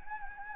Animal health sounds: mosquito wingbeat signal from an infrared sensor; Anopheles gambiae

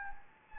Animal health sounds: mosquito wingbeat signal from an infrared sensor; Anopheles gambiae

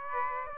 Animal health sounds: mosquito wingbeat signal from an infrared sensor; Aedes aegypti

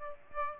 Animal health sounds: mosquito wingbeat signal from an infrared sensor; Aedes aegypti

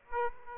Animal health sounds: mosquito wingbeat signal from an infrared sensor; Aedes aegypti

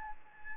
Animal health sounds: mosquito wingbeat signal from an infrared sensor; Anopheles gambiae

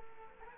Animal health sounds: mosquito wingbeat signal from an infrared sensor; Culex quinquefasciatus

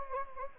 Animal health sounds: mosquito wingbeat signal from an infrared sensor; Anopheles gambiae

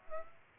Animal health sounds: mosquito wingbeat signal from an infrared sensor; Aedes aegypti

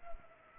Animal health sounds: mosquito wingbeat signal from an infrared sensor; Culex pipiens

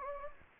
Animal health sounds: mosquito wingbeat signal from an infrared sensor; Anopheles gambiae

